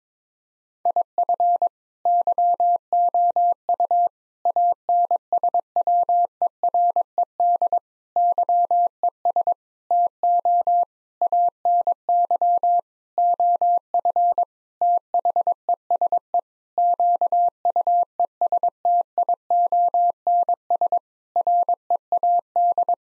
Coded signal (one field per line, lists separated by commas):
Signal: Morse code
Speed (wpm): 22 wpm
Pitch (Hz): 700 Hz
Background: none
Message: IF YOU ANSWERED YES TO ANY OF THESE QUESTIONS READ